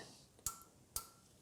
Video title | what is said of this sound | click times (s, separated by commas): Common Machining Mistakes | just switch to using this thumb wheel and when the tension is just right you'll hear it click | 0.5 s, 1.0 s